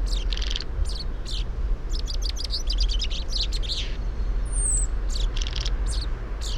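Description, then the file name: Common chaffinch calls: clusters of sharp chirps, plus one thin descending whistle, over a steady low hum. "Fringilla coelebs"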